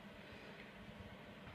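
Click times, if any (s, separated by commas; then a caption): none. A plastic sharpening guide attachment for scissors and knives is being slid down onto the housing of a bench sharpening station, where it is meant to snap and lock in place. A steady low hum and rumble with faint handling noise runs throughout, and a brief louder transient comes right at the very end, around 1.6 s. Nothing has seated or clicked yet.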